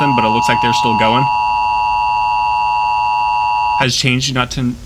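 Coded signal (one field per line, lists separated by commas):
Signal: Emergency Alert System (SAME) tones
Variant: 853 and 960 Hz attention tone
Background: speech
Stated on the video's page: Fictional EAS scenarios, not real alerts.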